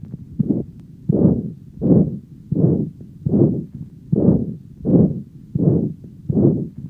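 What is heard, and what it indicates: Rhythmic low whooshing pulses repeat about 83 times a minute, each swelling and fading like a heartbeat heard through the ear. This simulates pulsatile tinnitus, a heartbeat-like whooshing sound in time with the pulse.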